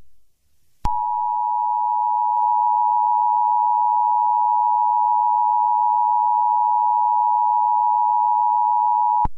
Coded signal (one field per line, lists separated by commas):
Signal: Emergency Alert System (SAME) tones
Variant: 853 and 960 Hz attention tone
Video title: eas scenario catemojibabyheat part 8